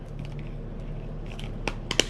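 A plastic part is refitted the right way up onto a 3M 7500 or 6200 series half face respirator after being put on upside down. Faint handling ticks around 1.3–1.4 s lead to loud, sharp clicks at 1.7, 1.9 and 2.0 s over a low steady hum. The part is seated.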